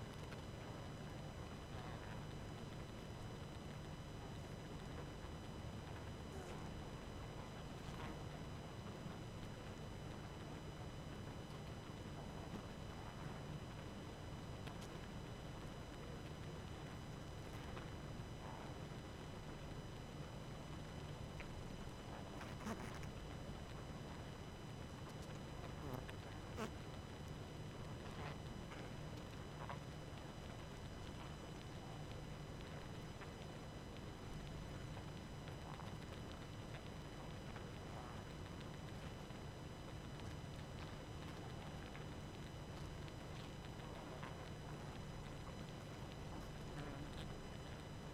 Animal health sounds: honeybee colony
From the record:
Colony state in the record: active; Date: 12 June 2018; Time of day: 23:03

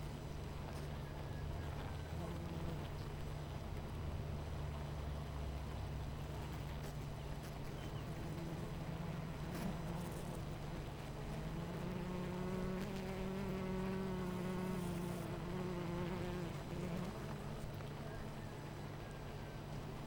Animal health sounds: honeybee colony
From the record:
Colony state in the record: missing queen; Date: 14 July 2017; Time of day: 9:58

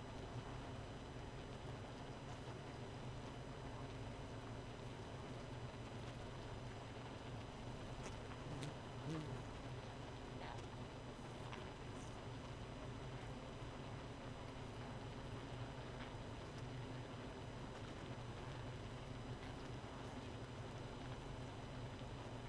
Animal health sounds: honeybee colony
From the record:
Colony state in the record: missing queen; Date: 31 May 2018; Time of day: 0:13

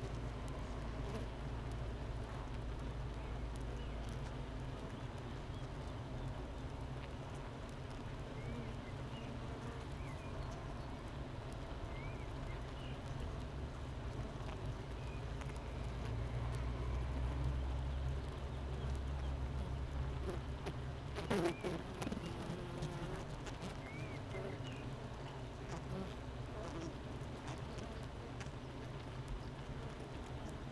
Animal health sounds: honeybee colony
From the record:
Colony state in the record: missing queen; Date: 31 May 2018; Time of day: 8:38

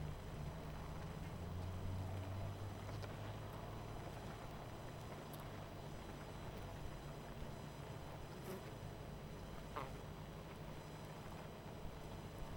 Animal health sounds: honeybee colony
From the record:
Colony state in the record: missing queen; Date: 14 July 2017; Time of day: 21:23

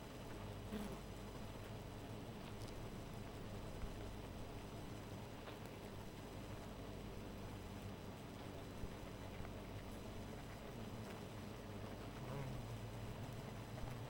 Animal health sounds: honeybee colony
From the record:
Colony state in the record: missing queen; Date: 14 July 2017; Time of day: 2:17

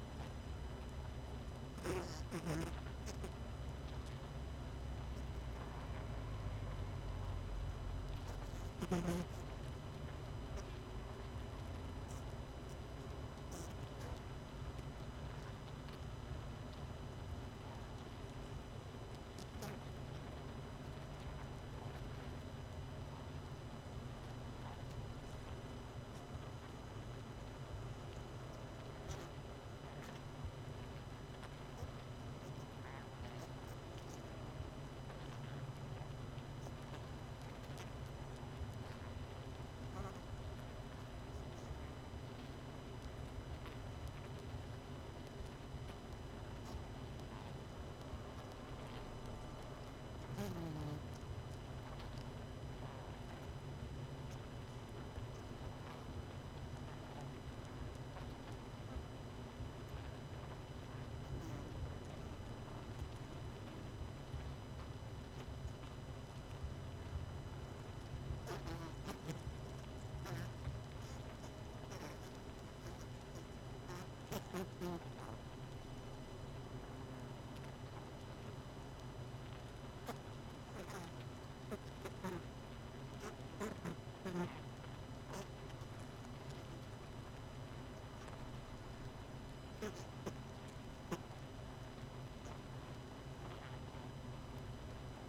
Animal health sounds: honeybee colony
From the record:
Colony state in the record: missing queen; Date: 31 May 2018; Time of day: 20:18

